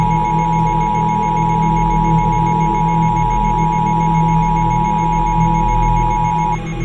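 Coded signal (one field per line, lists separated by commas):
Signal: Emergency Alert System (SAME) tones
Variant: 853 and 960 Hz attention tone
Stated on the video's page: Fictional mock EAS alert for a tornado, not real.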